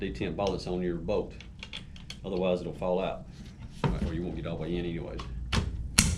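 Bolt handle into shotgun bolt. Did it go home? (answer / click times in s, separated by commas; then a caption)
yes / 6.0 s. A metal bolt handle is pushed into the bolt of an Escort DF12 VTS shotgun, where a detent ball catches in a milled pocket, while someone talks. A sharp snap at 6.0 s marks the handle seating in the bolt.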